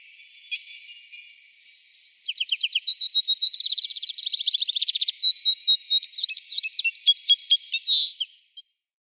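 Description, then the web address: Citril finch song: a long, tinkling warble that builds from scattered notes into fast rattling trills and high chirps, ending after about eight and a half seconds. "Schulze Peter Citril Finch song"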